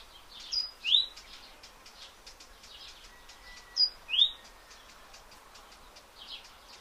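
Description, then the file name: Great tit calling in paired notes, a sharp high note then a lower rising one, twice about three seconds apart, with faint twittering behind. "Parus major"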